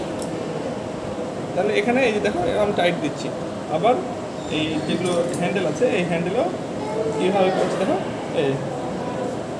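A metal handle is being fitted onto the insulated shaft of a three-part laparoscopic instrument while someone talks throughout, with light metallic clinks and handling sounds, including a brief clink at 0.2 s. The clip ends before the handle goes home, so nothing has seated or clicked yet.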